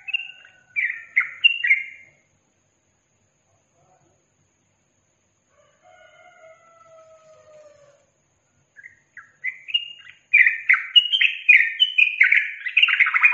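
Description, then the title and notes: Yellow-vented bulbul song: a short burst of bubbly, slurred notes, a long pause with faint lower whistles, then a denser run of rapid chattering phrases. Master recording used to train captive birds; song in the styles called tembakan and ropel. "MASTERAN Trucukan Tembakan Dan Ropel. BURUNG TRUCUKAN"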